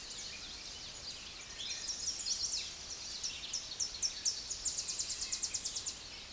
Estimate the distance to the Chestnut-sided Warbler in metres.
about 55 m